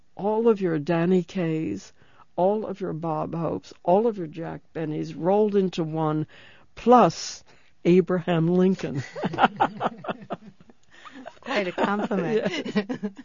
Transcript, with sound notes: all of your Danny Kayes, all of your Bob Hopes, all of your Jack Bennys rolled into one, plus Abraham Lincoln." ( they laugh )
That's quite a complement.